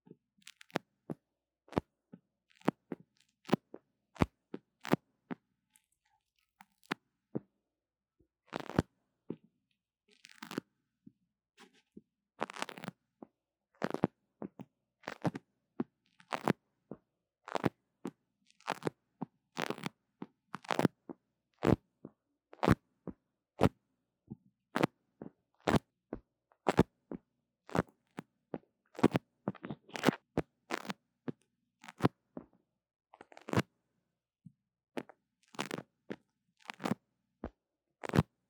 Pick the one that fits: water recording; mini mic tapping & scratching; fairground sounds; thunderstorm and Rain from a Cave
mini mic tapping & scratching